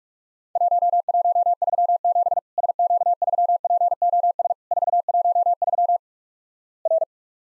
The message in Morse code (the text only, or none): 1137 SQ3POS 413 R